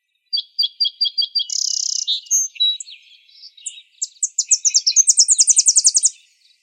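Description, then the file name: Tennessee Warbler song: a string of evenly spaced high chips, a brief buzzy note, then a fast run of very high staccato notes lasting about two seconds. Coded TEWA, dated 050107. "TEWA 1 B deviche"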